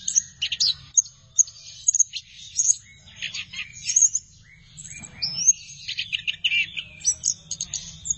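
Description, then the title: Thrush song, a rapid jumble of high chirps, trills and short whistles, with a brief pause near the middle before the varied phrases resume. "burung anis x"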